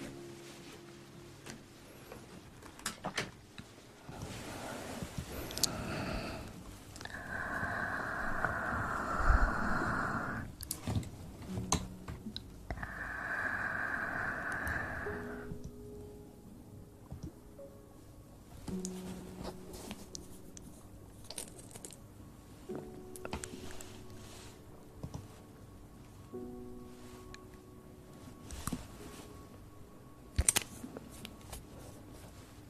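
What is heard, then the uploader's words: Ear blowing and ear picking: two strong breathy gusts of air rush through, roughly from 7 to 10 seconds and again from 13 to 16. Around them come scratchy rustles, soft crackles and small clicks, with low steady hums and a sharp tap near 30 seconds. Ear Blowing & Ear picking.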